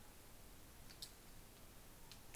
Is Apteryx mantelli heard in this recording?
no